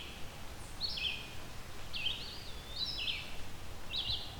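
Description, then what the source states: Red-eyed Vireo delivering several brief slurred whistled phrases, some rising and some dropping, spaced about a second apart against low ambient hiss. Song loud enough to overpower other birds nearby.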